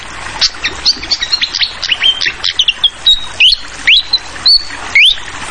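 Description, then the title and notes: Fantail song of chips breaking into clear whistled phrases, several sweeping upward, over a continuous hiss of trickling water. Tutoring (masteran) song for training songbirds, clear voice, mixed with the sound of flowing water. "Masteran Sikatan Kipas Suara Jernih Dan Suara Gemericik Air. Suara Burung Sikatan Londo"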